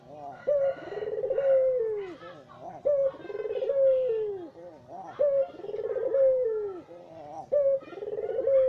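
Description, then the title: Barbary dove cooing: a sharp opening note, a rolling trilled middle and a long falling coo, repeated about every two and a half seconds, four phrases. White Barbary dove ('puter putih'), masteran training song used in the Indonesian kicau mania songbird hobby for teaching songbirds. "Kicau Mania Masteran Burung Puter Putih"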